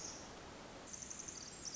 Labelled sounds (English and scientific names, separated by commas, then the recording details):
Pacific Wren (Troglodytes pacificus)
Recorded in Sonoma County, California